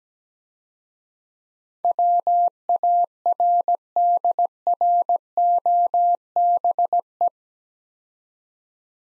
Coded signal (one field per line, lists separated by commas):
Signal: Morse code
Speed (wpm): 19 wpm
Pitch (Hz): 700 Hz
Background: none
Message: WARDROBE